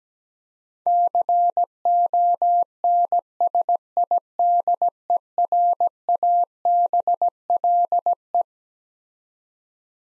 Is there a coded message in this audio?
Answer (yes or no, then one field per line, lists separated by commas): yes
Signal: Morse code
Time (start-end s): 0.9-8.4 s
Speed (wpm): 17 wpm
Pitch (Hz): 700 Hz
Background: none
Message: CONSIDERABLE